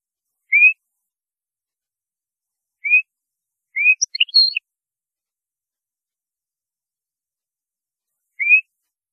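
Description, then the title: European goldfinch song: rising whistled notes spaced a few seconds apart, with one quick twittering burst in the middle. "Chant Chardonneret"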